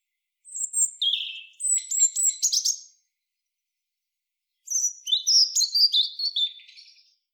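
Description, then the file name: European robin song: two high, liquid, warbling phrases with rapid twittering notes, separated by a pause of nearly two seconds. "Erithacus rubecula"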